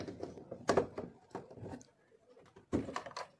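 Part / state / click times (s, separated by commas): replacement part (likely water inlet assembly) into its mount in a top-load washing machine / seated / 0.7 s, 3.0 s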